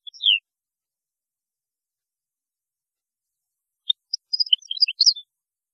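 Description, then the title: European goldfinch giving a clear downslurred call, then silence before a short burst of quick, jingling twittered notes. "Chant Chardonneret"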